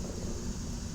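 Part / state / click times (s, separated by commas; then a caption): front wiper blade onto car wiper arm / not seated / none. A new front wiper blade is handled at the top of the wiper arm on a 2024 Ford Explorer, to be swung down until it snaps into place. Only a steady low rumble and broadband hiss are heard for about one second, with no distinct sudden sounds. Nothing has seated or clicked yet.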